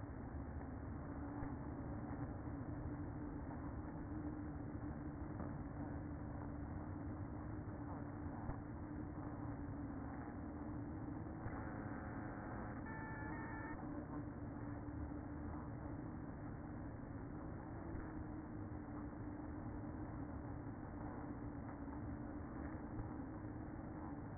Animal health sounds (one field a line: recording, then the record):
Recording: honeybee colony, microphone inside the hive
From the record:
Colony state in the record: queen present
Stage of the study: after two queens were removed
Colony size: about 60,000 bees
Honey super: yes